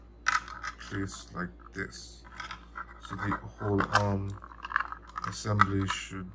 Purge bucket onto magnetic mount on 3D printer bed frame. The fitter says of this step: and then it should click in place